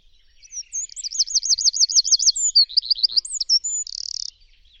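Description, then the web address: Bird singing a high phrase of rapid rolled notes, a lower choppy series and upslurred whistles, ending in a short buzzy trill. "cianscape birddata Deverinetal 2025"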